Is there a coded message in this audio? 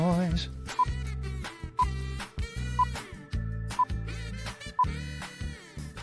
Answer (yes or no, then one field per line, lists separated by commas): no